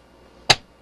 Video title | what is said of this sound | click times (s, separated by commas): Build a Workstation from the Dumpster Part 1 | you hear a little snap | 0.5 s